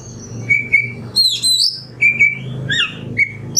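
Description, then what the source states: Oriental magpie-robin song: clear whistled notes held steady, alternating with loud sweeping chirps and squeaky bursts, over a constant low hum. Masteran recording of kacer, the oriental magpie-robin, singing in the 'nembak' song style.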